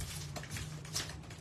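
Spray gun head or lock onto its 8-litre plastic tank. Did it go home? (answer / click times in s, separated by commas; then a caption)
yes / 0.4 s. A part of a cordless 8-litre foam spray gun, the head or lock, is fitted onto its 8-litre plastic tank and locks into place with a short, sharp hit at 0.4 s. Fainter knocks follow at about 0.9 and 1.3 s over a steady low hum. The part is seated and locked.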